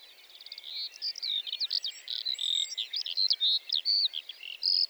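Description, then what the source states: Lark singing a fast, unbroken run of high twittering notes, slurred whistles and brief trills, building in strength after a quieter start. Lark singing while perched on top of a bush on the plateau at Lesches-en-Diois, 29 March 2020, before full daybreak; sang nearly fifteen minutes before flying off; stereo Nagra Seven, cardioid MKH40.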